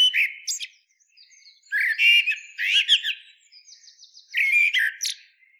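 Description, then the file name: Eurasian blackbird song, several quick phrases of fluty warbling mixed with harsh high squeaky notes, separated by short gaps. "Turdus merula"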